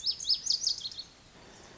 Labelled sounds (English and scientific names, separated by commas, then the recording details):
Lazuli Bunting (Passerina amoena)
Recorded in Sonoma County, California